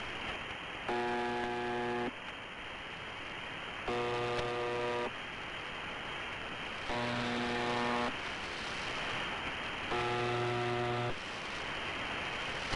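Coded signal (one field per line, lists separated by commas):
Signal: channel marker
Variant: UVB-76 (The Buzzer)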